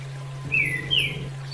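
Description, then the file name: Orange-headed thrush call: two short whistled notes, each sliding quickly downward, about half a second apart, over a steady low hum. Female bird; used as therapy audio for bird training. "audio terapi ak betina"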